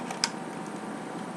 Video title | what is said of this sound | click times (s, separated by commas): Nerf Pink Crush "Rebelle Yell ZDS" 16Kg Pistol. | It's latched. | 0.2 s